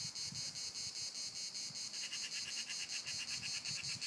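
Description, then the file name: Cricket chirps, rapid high pulses repeating steadily, with a second lower chirping layer entering halfway and some low wind rumble underneath. Crickets recorded in Lloret. "Grillos En Lloret"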